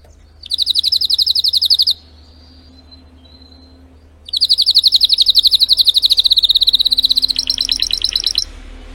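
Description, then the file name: Canary (Spanish Timbrado): canary song: a rapid pulsed trill, a brief pause, then a longer rolling trill that gradually drops and roughens in tone; low hum in the background. Belgian canary, Spanish Timbrado breed, singing. "canto do canario belga timbrado espanhol"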